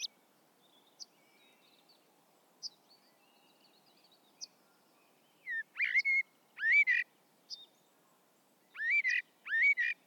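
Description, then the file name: Common blackbird delivering rich fluted notes mixed with high squeaky flourishes in the second half, after scattered faint high notes. "Turdus merula"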